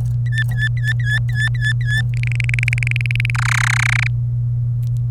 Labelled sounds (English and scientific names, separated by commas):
Domestic Canary (Serinus canaria) song